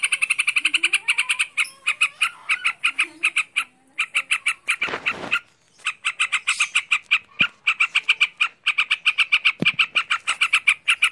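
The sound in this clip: Bird chattering song, rapid high buzzy pulses that pause briefly in the middle during a short rushing noise, then carry on.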